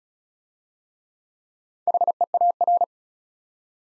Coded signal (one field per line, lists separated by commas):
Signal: Morse code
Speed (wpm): 35 wpm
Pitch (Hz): 700 Hz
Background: none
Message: HEAR